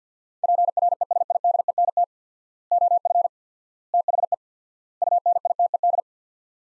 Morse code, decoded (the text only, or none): PRESIDENT OF THE UNITED